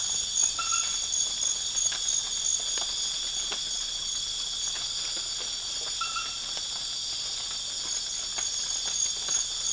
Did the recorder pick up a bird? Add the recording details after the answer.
no. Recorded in dense forest near Puerto Asís, Putumayo, Colombia, on 12 March 2025 at 01:00. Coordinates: 0.484, -76.325. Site G045